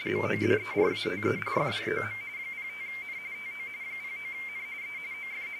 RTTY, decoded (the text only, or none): MODERATE FROM 05N TO 09N E OF